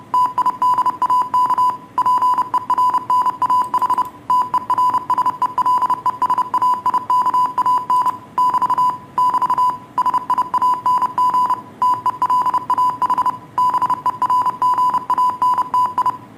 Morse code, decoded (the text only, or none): TIDAK PERNAH TERSELESAIKAN <BT> <BT> SIANG TELAH BERGANTI